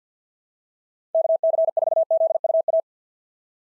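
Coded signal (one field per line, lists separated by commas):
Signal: Morse code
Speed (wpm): 48 wpm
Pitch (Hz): 660 Hz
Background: none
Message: KC4ZUA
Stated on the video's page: Morse practice of POTA (Parks on the Air) QSO exchanges at 50 wpm; each exchange sent, spoken, then sent again.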